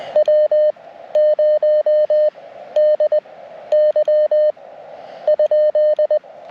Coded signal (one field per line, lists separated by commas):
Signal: Morse code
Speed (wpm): 20 wpm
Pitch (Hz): 610 Hz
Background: none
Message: W0DY ?